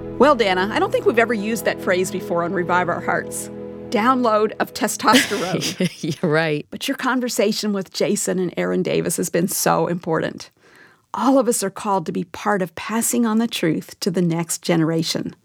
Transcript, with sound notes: Well, Dannah, I don’t think we’ve ever used that phrase before on Revive Our Hearts: “download of testosterone!” (laughter)
Right!
But your conversation with Jason and Erin Davis has been so important! All of us are called to be part of passing on the truth to the next generation.